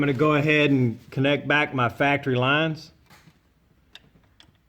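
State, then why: Seated. Someone talks for about three seconds, then the factory fuel line quick-connect fitting of a diesel truck is pushed back onto the fuel filter or fuel system port after injector cleaning. Sharp clicks at 4.0 s and 4.4 s as the plastic connector latches, and the fuel line quick-connect clicks on and is seated.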